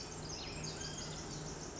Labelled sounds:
Pacific Wren
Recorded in Sonoma County, California

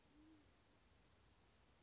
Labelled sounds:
Band-tailed Pigeon
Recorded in Sonoma County, California

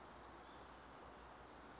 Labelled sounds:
Western Flycatcher
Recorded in Sonoma County, California

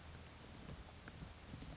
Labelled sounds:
California Towhee
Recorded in Sonoma County, California

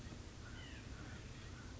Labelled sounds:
White-breasted Nuthatch
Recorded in Sonoma County, California

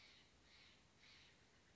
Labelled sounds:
Steller's Jay
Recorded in Sonoma County, California

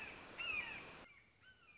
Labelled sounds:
Red-shouldered Hawk
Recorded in Sonoma County, California

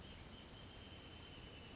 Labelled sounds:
Wrentit
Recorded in Sonoma County, California

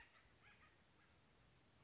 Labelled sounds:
Acorn Woodpecker
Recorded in Sonoma County, California

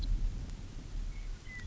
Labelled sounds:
Western Meadowlark
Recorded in Sonoma County, California

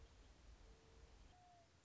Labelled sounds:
Mourning Dove
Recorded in Sonoma County, California

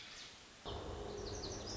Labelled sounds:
Lazuli Bunting
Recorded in Sonoma County, California

